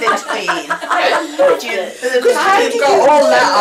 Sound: all laugh

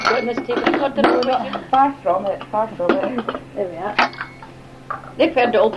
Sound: clearing of plates

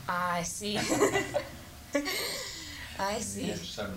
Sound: laughs

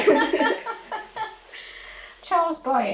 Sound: laughs

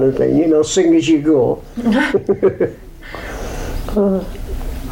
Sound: laughs

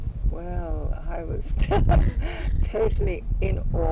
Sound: laughs

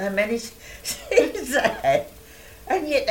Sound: laughs

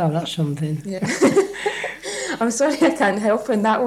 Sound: laughs

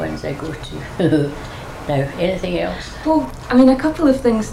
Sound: laughs

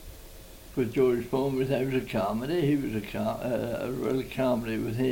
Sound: none

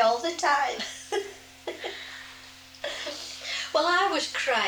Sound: laughs

